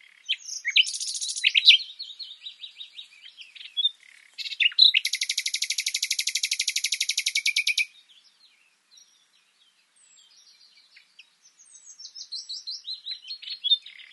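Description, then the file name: Common nightingale song with varied chirps and trills, a loud fast rattling series lasting about three seconds, a pause, then softer warbled phrases. "Luscinia megarhynchos"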